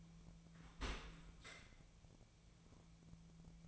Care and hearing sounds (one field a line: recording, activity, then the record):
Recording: daily activity, microphone in the room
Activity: open dishwasher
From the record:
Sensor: 1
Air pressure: 1000.5 hPa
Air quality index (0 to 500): 182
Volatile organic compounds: 4 ppm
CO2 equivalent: 1682 ppm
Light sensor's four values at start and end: 13/32/13/15 and 13/32/13/15